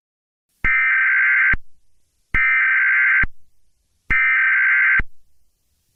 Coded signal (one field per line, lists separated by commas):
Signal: Emergency Alert System (SAME) tones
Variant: header bursts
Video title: The "Spiral" Of Death (TORNADO EAS SCENARIO)